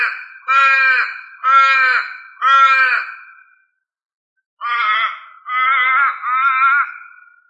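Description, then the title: Australorp chicken giving loud harmonic calls: three in quick succession, a short gap, then a few more, the last ones wavering. "manok ostrali"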